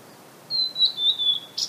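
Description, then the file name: Blue-and-white flycatcher song: a short phrase of clear, high whistled notes held at a steady pitch and slightly falling, ending with a brief sharp note. "oruri"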